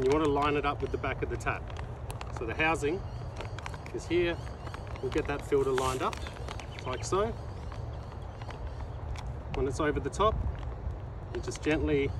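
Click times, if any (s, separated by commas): none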